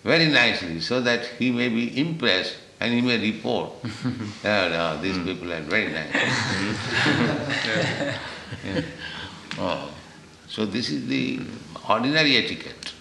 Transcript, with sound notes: very nicely so that he may be impressed and he may report, "These people are very nice." [laughter] Oh. So this is the ordinary etiquette,